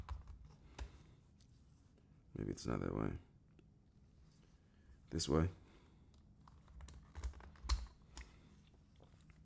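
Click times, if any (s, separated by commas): 7.7 s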